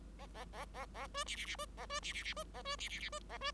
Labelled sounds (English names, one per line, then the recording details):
Bengalese Finch song
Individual Bird5